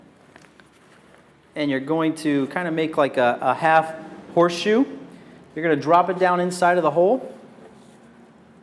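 A stainless steel bag retaining ring is handled and bent into a half-horseshoe shape before being dropped into the opening of a central vacuum canister, where it will hold the filter bag. A few light taps and patter sounds come in the first second, and then someone talks for the rest of the clip. Nothing has seated or clicked yet.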